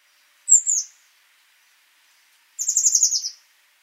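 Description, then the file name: Eurasian blue tit calls: a brief high buzzy note, then a longer rapid chattering trill that drops slightly in pitch. "Cyanistes caeruleus"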